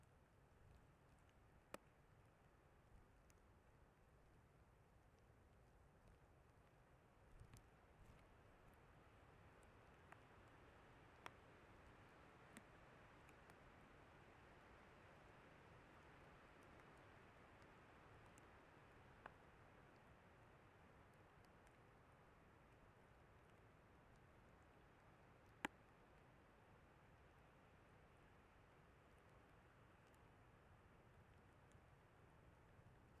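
Rain falls onto a bare microphone with no windscreen, a steady low rumble and hiss that stays even throughout. Sharp clicks from drops striking the mic stand out now and then, with louder hits near 2, 11 and 26 seconds.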